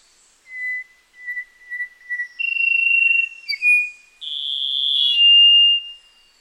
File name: rufous throated solitaire